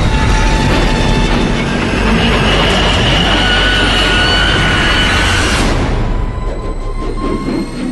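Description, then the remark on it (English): A subway train roars along the rails in a loud, steady rumble with thin metallic squealing tones above it; the harsh hiss fades after a few seconds, leaving a lower rolling rumble. “I followed them into the subway.”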